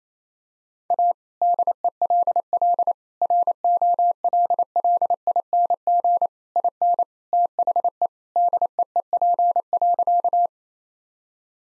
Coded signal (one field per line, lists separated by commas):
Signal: Morse code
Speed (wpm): 27 wpm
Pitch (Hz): 700 Hz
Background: none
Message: A DELL ROLLING IN THE DEEP.